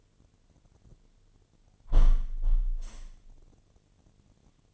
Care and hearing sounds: daily activity, microphone in the room; close window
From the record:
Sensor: 4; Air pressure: 1007.2 hPa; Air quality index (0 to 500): 186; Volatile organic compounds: 6 ppm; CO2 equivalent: 1858 ppm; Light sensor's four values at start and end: 23/73/28/27 and 23/73/28/27

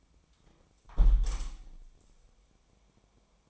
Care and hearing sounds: daily activity, microphone in the room; close window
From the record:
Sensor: 1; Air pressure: 1000.4 hPa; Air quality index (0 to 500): 162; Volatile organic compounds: 3 ppm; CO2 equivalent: 1491 ppm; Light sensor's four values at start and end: 11/26/10/12 and 10/26/10/12

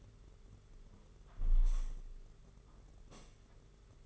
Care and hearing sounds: daily activity, microphone in the room; close window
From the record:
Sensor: 4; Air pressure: 992.1 hPa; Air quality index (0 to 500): 104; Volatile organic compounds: 14 ppm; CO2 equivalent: 2474 ppm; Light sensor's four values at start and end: 23/78/28/30 and 22/77/28/30

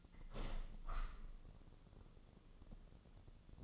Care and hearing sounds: daily activity, microphone in the room; open window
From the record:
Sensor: 4

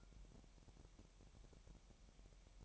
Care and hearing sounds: daily activity, microphone in the room; take from stove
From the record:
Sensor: 1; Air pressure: 1012.1 hPa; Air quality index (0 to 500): 224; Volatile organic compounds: 5 ppm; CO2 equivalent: 1788 ppm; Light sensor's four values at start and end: 73/172/74/78 and 73/172/74/78

